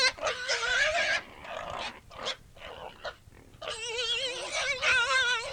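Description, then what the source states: Pig squealing in long, wavering, high-pitched cries, broken by several short squeaks, then a loud drawn-out squeal to the end. Barnyard scene.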